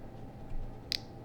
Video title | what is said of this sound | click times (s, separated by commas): Crimp Training | and you can hear it click it won't let you back out you have to go all the way | 1.0 s